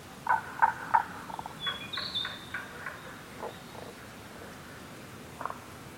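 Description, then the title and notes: Tago's brown frog calling: three short, low croaking notes about a third of a second apart, then fainter repeated notes, with a bird's high whistle in the background. Subspecies Rana tagoi tagoi, recorded in Kasugayama primeval forest, Nara, Japan, on 21 May 2017. "170521Rana tagoi tagoi in Kasugayama primeval forest by ototamari"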